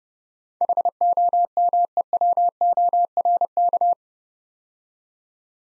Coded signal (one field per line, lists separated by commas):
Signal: Morse code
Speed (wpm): 30 wpm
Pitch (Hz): 700 Hz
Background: none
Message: HOMEWORK